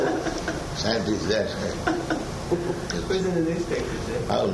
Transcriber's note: laughter